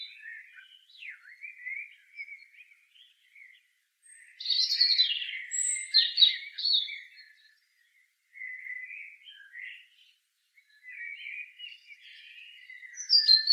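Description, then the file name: European robin singing, a run of varied high wavering phrases, quiet at first, then a louder burst of sharp notes midway, with short pauses between phrases. "Erithacus rubecula"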